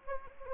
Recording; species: mosquito wingbeat signal from an infrared sensor; Anopheles gambiae